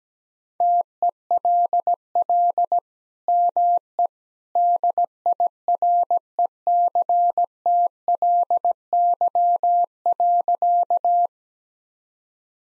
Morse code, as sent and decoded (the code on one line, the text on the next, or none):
- . .-.. .-.. / -- . / -.. .. .-. . -.-. - .-.. -.-- .-.-.-
TELL ME DIRECTLY.